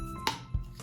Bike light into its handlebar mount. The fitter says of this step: and all it does is it slides right on, and you can hear it snap in.